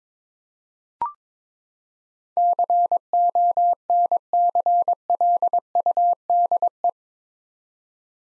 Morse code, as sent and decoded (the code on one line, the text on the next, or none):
-.-. --- -. -.-. .-.. ..- -.. .
CONCLUDE